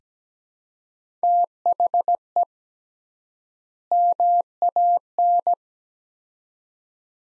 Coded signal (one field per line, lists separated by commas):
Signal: Morse code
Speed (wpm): 17 wpm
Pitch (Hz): 700 Hz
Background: none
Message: THE MAN